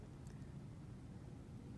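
A crimped terminal pin is being handled and pushed, crimped side toward the larger hole, into the plastic wiring connector housing of a motorcycle CAN bus turn signal connector. A steady low rumble fills the clip, with one faint, brief tick at about 0.3 s. The pin has not clicked or seated into the housing yet.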